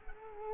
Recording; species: mosquito wingbeat signal from an infrared sensor; Culex quinquefasciatus